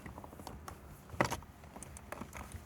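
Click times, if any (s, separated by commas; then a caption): none. A plastic center console trim panel with plastic retaining clips is lined up and handled against the center console of a 370Z during a phone mount install. Soft rustling and light tapping are heard, with one brief, sharp knock at about 1.2 s. The clip ends before the panel goes home, so nothing has seated or clicked yet.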